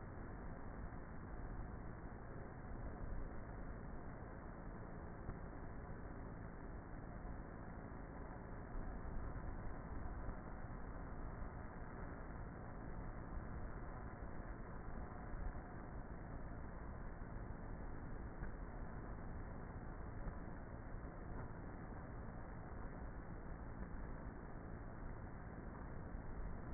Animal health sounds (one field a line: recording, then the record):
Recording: honeybee colony, microphone inside the hive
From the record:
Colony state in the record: queenless with a low population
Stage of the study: before two queens were removed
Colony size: about 30,000 bees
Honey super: no